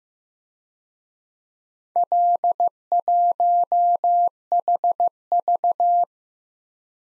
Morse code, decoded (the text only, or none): L1HV